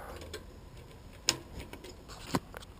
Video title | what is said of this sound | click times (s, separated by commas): DIY Fuel Pump Removal / Installation 2001 Ford Van Truck E 250 🔧 | And you probably heard that. It just snaps right on. | 1.3 s